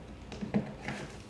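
A front basket is slid onto the front bracket mount of a Buzzaround XL+ mobility scooter, making quiet handling sounds with soft knocks around 0.3, 0.5 and 0.9 seconds. Nothing has seated or clicked yet; the clip ends before the basket locks in place.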